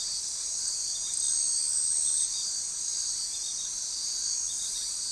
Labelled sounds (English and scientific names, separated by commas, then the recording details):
none
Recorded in forest near Pivijay, Magdalena, Colombia, on 5 June 2023 at 19:30
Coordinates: 10.467, -74.380
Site Z5-G034